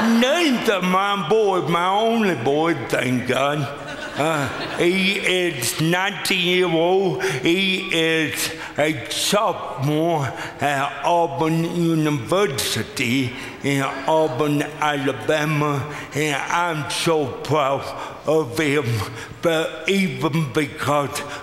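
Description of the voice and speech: Slow, effortful speech from an adult man born with cerebral palsy, with drawn-out vowels and a strained voice, typical of cerebral palsy dysarthria. His delivery is passionate and full of emotion.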